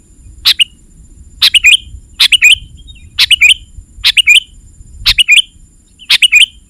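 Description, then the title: Sooty-headed bulbul song: a steady series of short bubbly phrases, about one per second, each a quick cluster of bright chirps, with faint low rumble beneath. "kutilang"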